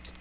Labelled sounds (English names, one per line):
Magnolia Warbler flight call